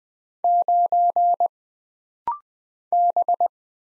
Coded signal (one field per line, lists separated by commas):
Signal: Morse code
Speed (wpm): 20 wpm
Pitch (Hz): 700 Hz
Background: none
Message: 9 B